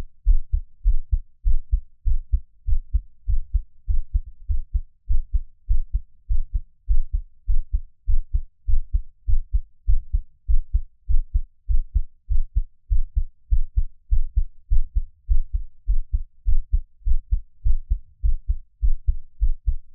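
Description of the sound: Normal adult heartbeat heard through a close microphone, with no talking.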